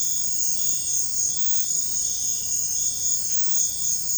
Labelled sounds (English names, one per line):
none